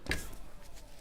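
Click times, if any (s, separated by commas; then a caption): 0.1 s. The upright arms on a bag trolley base are folded up straight and click into place, locking in position, with a sharp click at 0.1 s. Low background noise continues for the rest of the clip.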